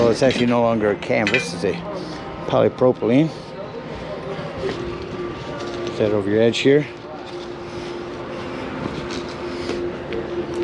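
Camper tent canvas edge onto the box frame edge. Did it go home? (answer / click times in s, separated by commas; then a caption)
yes / 10.1 s. The polypropylene canvas edge of a 1980 Rockwood Freedom pop-up camper is pulled over the edge of the box frame while someone talks, with a steady low hum underneath. The canvas edge snaps into place over the frame at 10.1 s with a short, sharp snap.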